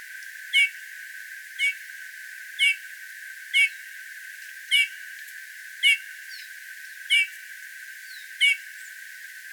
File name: Pyrrhula pyrrhula